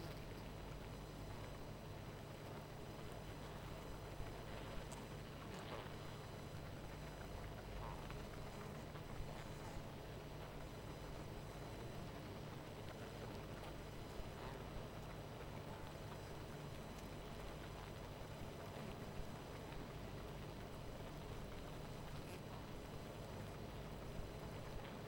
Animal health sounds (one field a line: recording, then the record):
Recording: honeybee colony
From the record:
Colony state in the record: missing queen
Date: 14 July 2017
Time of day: 18:49